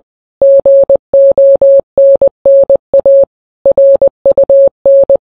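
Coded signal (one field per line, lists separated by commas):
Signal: Morse code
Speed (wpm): 20 wpm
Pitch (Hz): 550 Hz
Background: none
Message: GONNA RUN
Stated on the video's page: Morse rendition of a song, shortened from a 15-minute original.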